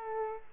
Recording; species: mosquito wingbeat signal from an infrared sensor; Culex quinquefasciatus